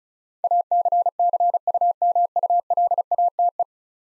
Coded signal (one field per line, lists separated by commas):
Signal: Morse code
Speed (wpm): 36 wpm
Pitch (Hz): 700 Hz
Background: none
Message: ACCUMULATE